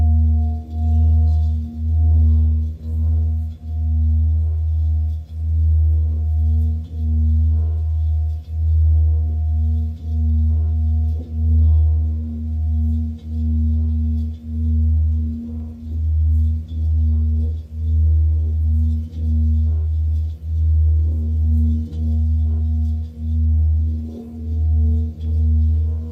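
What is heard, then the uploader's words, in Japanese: A singing bowl rings on and on, its deep steady hum pulsing in slow regular swells throughout, with a bright overtone ringing above. Faint soft ticks and rustles flicker in the higher range, and the tone never fades out. メキシコから シンギングボウルのサウンドヒーリング ライブ。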